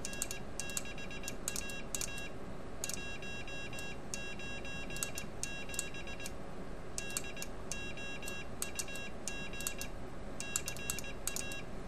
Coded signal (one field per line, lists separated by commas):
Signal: Morse code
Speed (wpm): 20 wpm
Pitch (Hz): 2750 Hz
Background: none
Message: N6AA 197 DOUG CA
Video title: CW Practice Game Software ~ WinKeyer USB & Iambic Master ~ Get Fast at CW Morse!